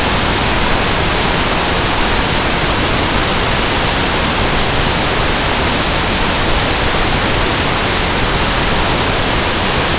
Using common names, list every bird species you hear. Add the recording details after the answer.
none. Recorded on Arctic tundra, site NAIT-1, on 23 June 2018. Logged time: 19:00